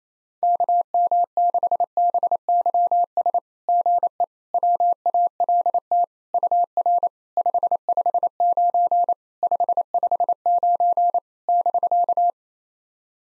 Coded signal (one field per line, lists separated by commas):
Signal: Morse code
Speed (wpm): 28 wpm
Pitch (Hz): 700 Hz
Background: none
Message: KM6BYS GE WALT UR 559 559 <BK>